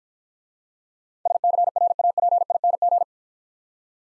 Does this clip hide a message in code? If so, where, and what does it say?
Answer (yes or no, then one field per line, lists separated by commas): yes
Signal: Morse code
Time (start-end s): 1.3-3.0 s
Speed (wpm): 50 wpm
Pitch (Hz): 700 Hz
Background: none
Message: SCRAPING